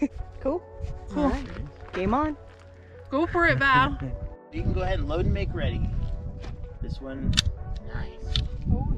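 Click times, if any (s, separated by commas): 8.4 s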